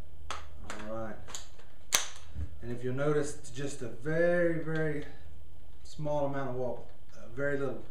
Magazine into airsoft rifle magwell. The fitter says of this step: comes out super easy goes in super easy with a positive click at the end